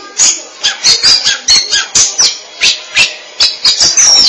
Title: Suara Kicauan Burung Kacer